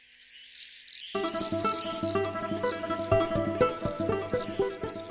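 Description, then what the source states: Common Swifts giving shrill, piercing screams, overlapping rapidly from several birds, with music coming in after the first second. Swifts circling over rooftops, giving their typical calls on returning in summer.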